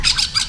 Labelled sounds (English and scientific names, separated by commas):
Brown-throated Parakeet (Eupsittula pertinax) contact call